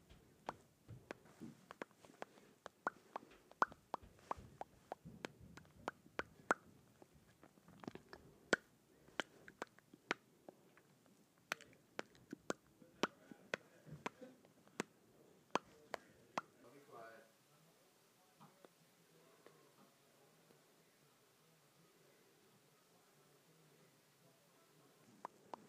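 Lips smack together in quick, irregular bursts of sharp, wet clicks, some louder than others, with soft mouth noise between them. After about seventeen seconds the smacking stops, leaving a low, quiet hush with only a couple of faint clicks near the end.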